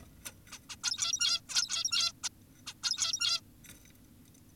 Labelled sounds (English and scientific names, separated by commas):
Zebra Finch (Taeniopygia guttata)